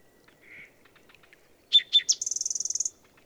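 Bird song: a soft note, then several loud sharp chips that run into a fast, even, very high trill lasting under a second.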